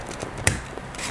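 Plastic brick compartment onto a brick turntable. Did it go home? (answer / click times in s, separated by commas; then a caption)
yes / 0.5 s. A built plastic brick compartment is pressed down hard onto a plastic brick turntable. A sharp click at 0.5 s stands out among softer taps and rustles as the compartment seats in place.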